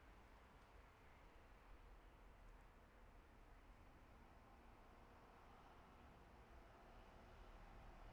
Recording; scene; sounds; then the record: everyday scene through a hearing-aid microphone; in traffic; traffic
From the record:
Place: bus stop on a city main road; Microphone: behind the ear, right, front